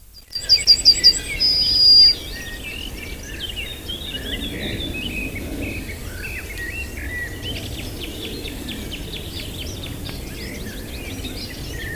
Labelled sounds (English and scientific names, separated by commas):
Yellowhammer (Emberiza citrinella) song